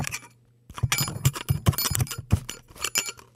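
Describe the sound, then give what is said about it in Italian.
A loose little piece on one earcup of a headphone, detached for days, tinkles and clinks over and over in quick, irregular bursts, bright and ringing, after a brief silence, with no one talking. “Ecco, non è neanche un richiamo per le mucche o per le capre svizzere, ma se sentite questo tintinnio è che un padiglione della cuffia ha un pezzettino che da giorni è staccato”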